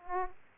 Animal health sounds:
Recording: mosquito wingbeat signal from an infrared sensor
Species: Aedes aegypti

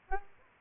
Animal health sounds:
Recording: mosquito wingbeat signal from an infrared sensor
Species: Aedes aegypti

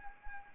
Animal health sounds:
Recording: mosquito wingbeat signal from an infrared sensor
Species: Anopheles arabiensis

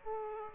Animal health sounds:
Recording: mosquito wingbeat signal from an infrared sensor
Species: Aedes aegypti

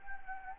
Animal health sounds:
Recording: mosquito wingbeat signal from an infrared sensor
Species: Anopheles gambiae

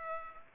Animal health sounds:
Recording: mosquito wingbeat signal from an infrared sensor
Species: Culex pipiens

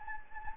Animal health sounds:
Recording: mosquito wingbeat signal from an infrared sensor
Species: Anopheles gambiae

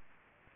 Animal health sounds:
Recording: mosquito wingbeat signal from an infrared sensor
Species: Aedes aegypti

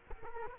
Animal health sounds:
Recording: mosquito wingbeat signal from an infrared sensor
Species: Culex quinquefasciatus

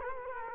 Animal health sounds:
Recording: mosquito wingbeat signal from an infrared sensor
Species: Culex quinquefasciatus

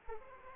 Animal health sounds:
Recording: mosquito wingbeat signal from an infrared sensor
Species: Aedes aegypti

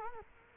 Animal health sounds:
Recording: mosquito wingbeat signal from an infrared sensor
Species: Culex quinquefasciatus

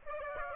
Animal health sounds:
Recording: mosquito wingbeat signal from an infrared sensor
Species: Aedes aegypti

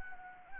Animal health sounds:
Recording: mosquito wingbeat signal from an infrared sensor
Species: Anopheles gambiae

